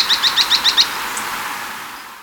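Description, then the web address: Azara's spinetail giving a quick series of six sharp, high chipping notes in under a second, then a steady hiss of background noise. Ecuador. "Birds of Ecuador 2. Azara's Spinetail"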